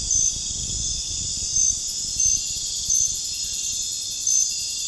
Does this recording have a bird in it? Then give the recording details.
no. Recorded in pastures near Puerto Asís, Putumayo, Colombia, on 29 June 2025 at 00:30. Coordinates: 0.466, -76.322. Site GP07